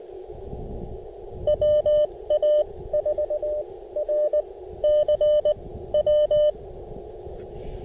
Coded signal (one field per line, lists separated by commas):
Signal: Morse code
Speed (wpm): 17 wpm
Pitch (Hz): 600 Hz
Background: radio noise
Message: WA4RCW